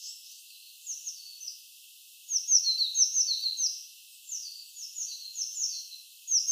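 Eurasian blue tit giving repeated high, thin downslurred notes in quick runs, a faint run first, then louder ones, over soft background hiss.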